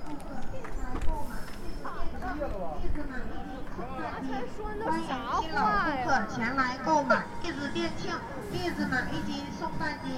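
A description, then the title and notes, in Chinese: Andong Old Street in Dandong, full of overlapping voices as people talk and call out throughout. A steady low rumble runs underneath, with brief hissing bursts near the start and again around the eighth to ninth second. 丹东，安东老街。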